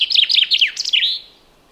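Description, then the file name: Common chaffinch song fragment, a quick run of bright descending notes ending in a short flourish, heard cleanly against a quiet background. "chaffinch"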